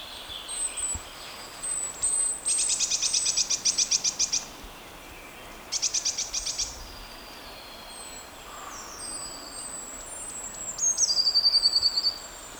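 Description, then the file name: Eurasian blue tit with very high, thin notes and two rapid buzzy churring bursts, then a fast trill near the end, over steady background hiss. "Cyanistes caeruleus"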